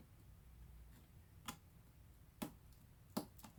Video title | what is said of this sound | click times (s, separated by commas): Replace Asus Keyboard | it snaps into place and the tape simply is to hold it down | 2.4 s, 3.2 s